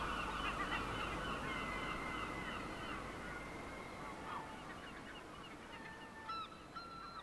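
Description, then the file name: Gull calls, a chorus of wailing and honking cries, with a few clearer calls near the end. "seagulls"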